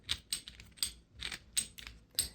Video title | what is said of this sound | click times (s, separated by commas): How to use an Anti-Snag Kayak Anchor so it doesn't get stuck! #kayakfishing | and now that's locked into place and that will stay up like that | 2.2 s